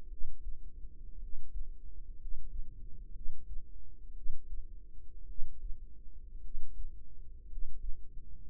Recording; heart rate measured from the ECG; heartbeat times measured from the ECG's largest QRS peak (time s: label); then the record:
heart sounds by microphone in the right ear; 57 bpm
0.07 s: heartbeat
1.18 s: heartbeat
2.16 s: heartbeat
3.11 s: heartbeat
4.12 s: heartbeat
5.25 s: heartbeat
6.40 s: heartbeat
7.46 s: heartbeat
8.42 s: heartbeat
From the record:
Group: healthy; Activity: rest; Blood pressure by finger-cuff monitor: 104/50 mmHg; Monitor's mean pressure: 64 mmHg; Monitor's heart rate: 55 bpm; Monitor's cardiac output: 5.3 L/min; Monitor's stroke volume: 90 mL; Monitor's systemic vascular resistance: 850 dyn s/cm5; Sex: male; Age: 25 years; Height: 170 cm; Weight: 70.4 kg